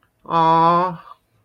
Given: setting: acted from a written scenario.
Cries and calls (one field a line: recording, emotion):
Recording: vocal sound without words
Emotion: sympathy